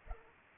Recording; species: mosquito wingbeat signal from an infrared sensor; Culex pipiens